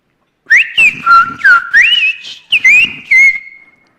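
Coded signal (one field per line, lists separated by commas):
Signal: whistled language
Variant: Sfyria (Greek)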